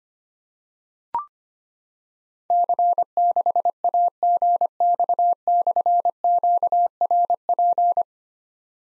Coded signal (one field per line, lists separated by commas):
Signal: Morse code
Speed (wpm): 25 wpm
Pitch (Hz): 700 Hz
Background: none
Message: C6AGX/QRP